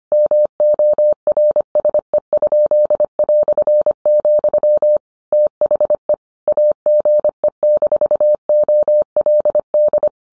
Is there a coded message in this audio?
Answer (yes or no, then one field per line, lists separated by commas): yes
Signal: Morse code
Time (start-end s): 0.1-10.1 s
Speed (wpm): 25 wpm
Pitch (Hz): 600 Hz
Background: none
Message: MORSE?", THE AGE-OLD